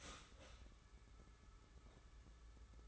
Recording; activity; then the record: daily activity, microphone in the room; start toaster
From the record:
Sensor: 3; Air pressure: 994.5 hPa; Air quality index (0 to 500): 202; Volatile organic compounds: 1000 ppm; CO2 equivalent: 6695 ppm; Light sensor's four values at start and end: 183/442/185/183 and 162/389/162/158